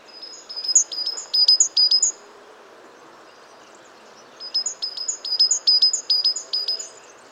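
Great tit song: high ringing two-note phrases repeated rapidly in two strophes, with a pause of about two seconds between them; faint background hiss.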